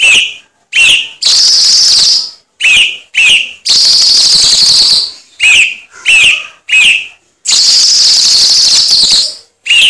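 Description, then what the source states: Cucak cungkok giving repeated bright, rising whistled notes interspersed with extended coarse, buzzing chatter, the pattern continuing steadily throughout. Recording intended as masteran, a tutor song for training cage birds.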